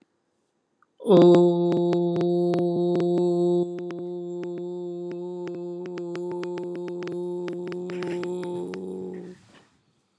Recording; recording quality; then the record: sustained vowel as in boot; excellent, no background noise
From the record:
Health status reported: healthy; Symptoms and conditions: none ticked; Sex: male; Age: 28 years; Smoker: not ticked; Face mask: not worn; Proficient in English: yes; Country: India